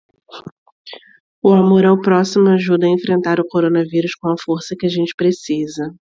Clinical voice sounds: spoken sentence; Brazilian Portuguese; female; 40 to 49 years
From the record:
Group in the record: control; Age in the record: 41 years

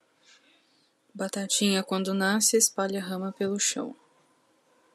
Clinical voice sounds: short text; Brazilian Portuguese; female; 20 to 29 years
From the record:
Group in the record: control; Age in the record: 27 years

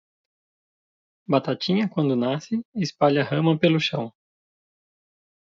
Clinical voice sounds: short text; Brazilian Portuguese; male; 30 to 39 years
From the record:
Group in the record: control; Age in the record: 38 years

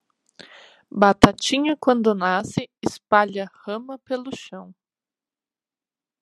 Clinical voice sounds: short text; Brazilian Portuguese; female; 20 to 29 years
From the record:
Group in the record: control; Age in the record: 29 years

